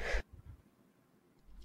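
A single sharp, explosive burst of about a fifth of a second, followed by near silence with faint low rumbles. It is one brief, small adult sneeze that comes on suddenly, an ordinary reflex.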